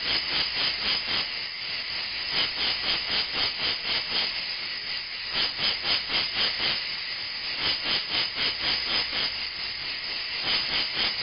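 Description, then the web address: Insect call, a raspy hiss pulsing roughly four times per second in long runs, broken by short lulls, over a constant buzzy background. "animali insetti insetti insect"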